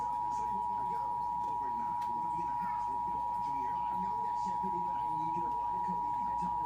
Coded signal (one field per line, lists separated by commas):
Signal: Emergency Alert System (SAME) tones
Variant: 853 and 960 Hz attention tone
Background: speech